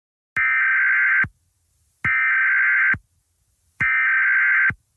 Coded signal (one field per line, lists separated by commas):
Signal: Emergency Alert System (SAME) tones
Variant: header bursts